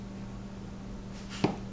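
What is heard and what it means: A steel tap sits in an already tapped sight-mount hole in a Ruger 10/22 rifle receiver and is turned backwards until it drops into the start of the existing thread. Over a steady low hum, a soft, brief click is heard at 1.4 s. The click shows the tap has seated and is lined up on the thread.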